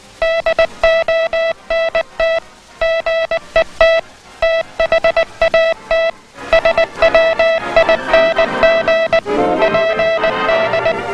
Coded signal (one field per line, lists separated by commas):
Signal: Morse code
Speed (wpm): 19 wpm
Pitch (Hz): 660 Hz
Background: music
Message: DONT GET THAT SWING PD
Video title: Aula de telegrafia do Exército Americano de 1966 1/2